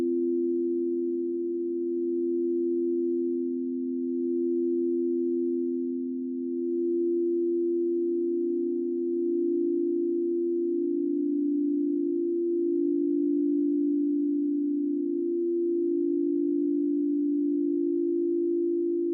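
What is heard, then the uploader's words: A singing bowl rings out in a long, steady low-mid hum, two close tones beating slowly against each other so the sound gently wavers. The tone holds at an even level throughout, with faint higher overtones appearing briefly near the middle. Sound Baths: Singing Sleep Bowls.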